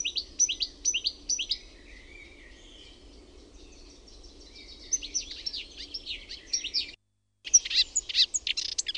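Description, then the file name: Marsh warbler song: a fast, varied run of sharp high chirps, whistles and scratchy notes with a short gap, then a busy burst again. "LUHTAKERTTUNEN"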